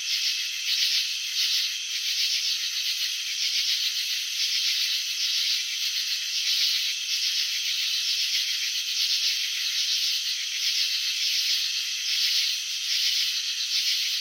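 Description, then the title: Cricket chirping heard as a dense high-pitched buzz, rapidly pulsed and swelling slightly at intervals throughout. Crickets chirping, shown in a slow-motion video of wing vibrations and antenna movements. "Crickets in Slow Motion. Capturing the Elegance of Chirping"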